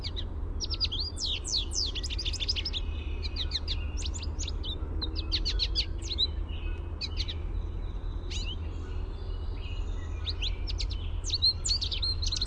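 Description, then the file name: American goldfinch contact song: lively high twitters and slurred notes in clusters throughout, over low rumbling noise. Contact song, a "sweeet" note. "AMGO contact song sweeet"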